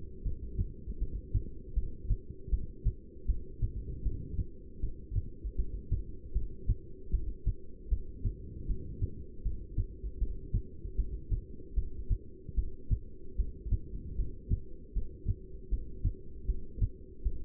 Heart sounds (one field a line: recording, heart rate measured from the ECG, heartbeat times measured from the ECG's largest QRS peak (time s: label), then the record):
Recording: heart sounds by stethoscope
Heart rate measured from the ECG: 78 bpm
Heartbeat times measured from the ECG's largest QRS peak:
0.24 s: heartbeat
0.99 s: heartbeat
1.75 s: heartbeat
2.51 s: heartbeat
3.27 s: heartbeat
4.04 s: heartbeat
4.81 s: heartbeat
5.57 s: heartbeat
6.34 s: heartbeat
7.12 s: heartbeat
7.90 s: heartbeat
8.67 s: heartbeat
9.44 s: heartbeat
10.19 s: heartbeat
10.97 s: heartbeat
11.75 s: heartbeat
12.56 s: heartbeat
13.37 s: heartbeat
14.17 s: heartbeat
14.94 s: heartbeat
15.70 s: heartbeat
16.47 s: heartbeat
17.24 s: heartbeat
From the record:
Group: heart failure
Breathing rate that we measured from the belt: 12 breaths a minute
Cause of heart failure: non-ischemic cardiomyopathy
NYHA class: 1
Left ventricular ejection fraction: 62%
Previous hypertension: present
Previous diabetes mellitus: present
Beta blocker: bisoprolol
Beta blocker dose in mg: 10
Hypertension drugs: sacubitril-valsartan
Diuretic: furosemide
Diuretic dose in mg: 20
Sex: male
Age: 49 years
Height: 167 cm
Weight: 110 kg